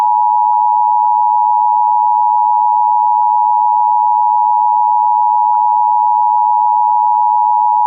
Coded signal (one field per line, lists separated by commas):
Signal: Emergency Alert System (SAME) tones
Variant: 853 and 960 Hz attention tone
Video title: EAS scenario *1 five night at sonic's remastered